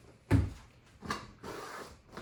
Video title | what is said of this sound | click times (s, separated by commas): The Riv Pod - DIY - assembling a DWVO 180 gallon storage box | And you just want to click them in. So you hear the click. | 0.3 s, 1.1 s